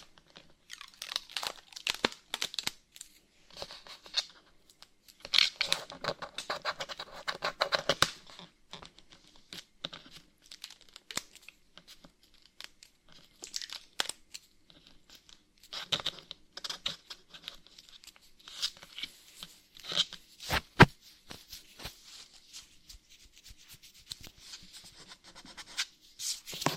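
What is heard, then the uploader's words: Scratching comes in irregular, dry bursts of rasping noise, mostly bright and hissy with little low end. Busy stretches around five to eight seconds and again near sixteen alternate with quieter gaps, and a few sharper scrapes stand out around twenty-one seconds. ASMR Brain Melting Scratching (No Talking).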